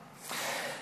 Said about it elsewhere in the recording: Caught a flu virus it got into his vocal cords somehow and permanently damaged the nerves there. And so he lost his voice. He said it was like the worst case of laryngitis you've ever heard. He would scream at the top of his lungs, and he would sound like this.